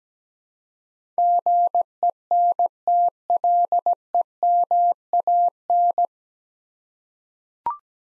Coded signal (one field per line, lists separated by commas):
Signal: Morse code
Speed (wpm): 17 wpm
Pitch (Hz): 700 Hz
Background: none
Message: GENTLEMAN